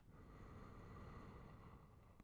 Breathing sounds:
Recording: one breath near a microphone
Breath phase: exhalation

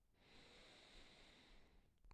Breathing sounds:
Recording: one breath near a microphone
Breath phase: inhalation

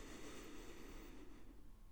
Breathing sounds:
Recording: one breath near a microphone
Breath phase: inhalation

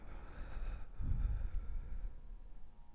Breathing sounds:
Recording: one breath near a microphone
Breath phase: exhalation

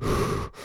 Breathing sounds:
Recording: one breath near a microphone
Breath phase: exhalation

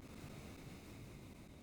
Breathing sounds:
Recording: one breath near a microphone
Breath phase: exhalation

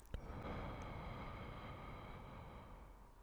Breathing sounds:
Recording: one breath near a microphone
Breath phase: exhalation

